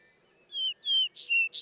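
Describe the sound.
Vesper sparrow song fragment: two drawn-out whistled notes followed by short, bright, buzzy bursts, cut off abruptly.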